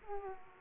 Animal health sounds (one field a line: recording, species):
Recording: mosquito wingbeat signal from an infrared sensor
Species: Aedes aegypti